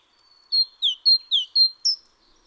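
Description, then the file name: Great tit giving six crisp high notes in quick succession, mixing down-slurred and flat tones, over near silence. "Parus major"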